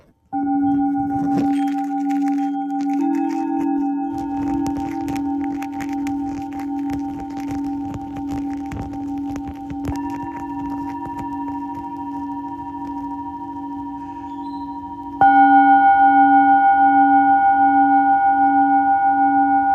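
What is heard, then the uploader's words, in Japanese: Singing bowls ring in a sound healing session, a low sustained hum layered with brighter, pure overtones that shimmer and pulse. New bowls join around three, ten and fifteen seconds, the last one noticeably louder, while faint ticking clicks scatter through the first half. メキシコから シンギングボウルのサウンドヒーリング ライブ。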